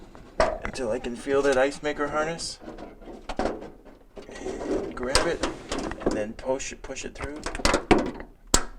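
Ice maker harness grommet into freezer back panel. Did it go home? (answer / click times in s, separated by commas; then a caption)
yes / 8.5 s. On a Jenn-Air refrigerator, the ice maker wiring harness is pushed by hand through the freezer back panel while someone talks, with handling knocks and rustles along the way. Its plastic grommet snaps into place with a sharp click at 8.5 s, seating it in the panel.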